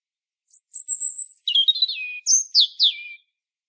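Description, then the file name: European robin phrase beginning with a thin high whistle, dropping into buzzy lower warbles and finishing with three rapid downward-sweeping notes. "Erithacus rubecula"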